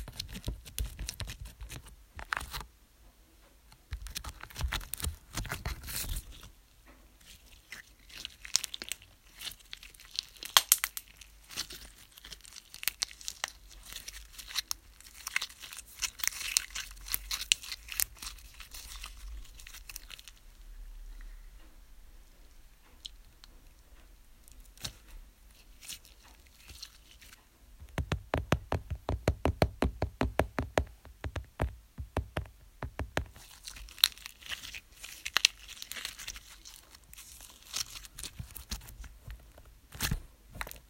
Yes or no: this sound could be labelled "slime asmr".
yes